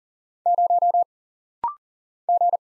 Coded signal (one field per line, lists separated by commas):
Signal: Morse code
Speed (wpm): 39 wpm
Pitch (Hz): 700 Hz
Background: none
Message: 0 G